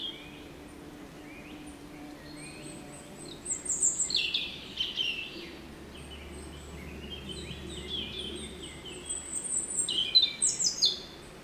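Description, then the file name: European robin song: two bursts of high, twittering, wavering notes separated by a pause, with a steady low hum underneath. "Erithacus rubecula"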